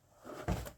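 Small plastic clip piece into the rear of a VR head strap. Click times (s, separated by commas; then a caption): 0.5 s. A small plastic card-like clip piece on the back of a Kawaye 7500mAh battery head strap for the Meta Quest 3/3S/Quest 2, with double adjustment knobs, is pressed back into its slot after being found not snapped in. A quiet rustle builds up to one sharp, low-heavy snap at 0.5 s, followed by a brief fade. The clip is seated in place.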